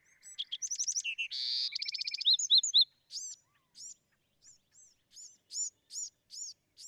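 Bewick's wren delivering a rich phrase of trills and a harsh buzz, followed by a slow run of separate, sharp, high chirps.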